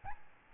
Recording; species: mosquito wingbeat signal from an infrared sensor; Aedes albopictus